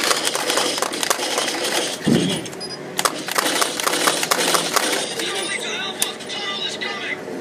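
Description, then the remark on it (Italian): Busy arcade light-gun game sounds from a game featuring the Ghost Squad on a train, with LEDs at the sides marking dangerous targets: rapid sharp clicks and snapping bursts of simulated gunfire over a dense, steady wash of electronic game noise, with faint voices mixed in. “Sentiamo rumore di gioco.”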